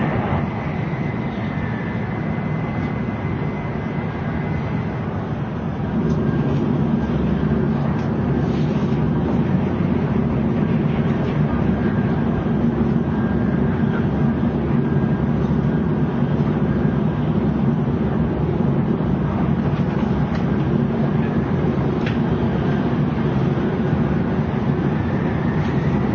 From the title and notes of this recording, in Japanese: JRN700系 京都〜新横浜。ひかり530号に乗車し、録音しました。